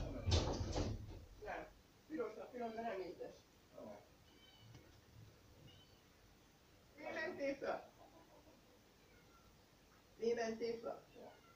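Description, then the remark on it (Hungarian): A small cat meows several times in separate bursts, the cries harmonic and mid-pitched, with quieter gaps between and a loud thump at the very start. “De a kis macska, melyik macska?”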